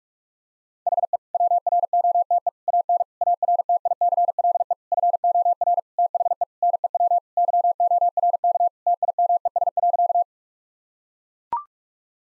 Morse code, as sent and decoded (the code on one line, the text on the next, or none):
.... . / .-- .-. --- - . / .- -. / .- .-. - .. -.-. .-.. . / ..-. --- .-. / - .... . / -. . .-- / -.-- --- .-. -.- / - .. -- . ... .-.-.-
HE WROTE AN ARTICLE FOR THE NEW YORK TIMES.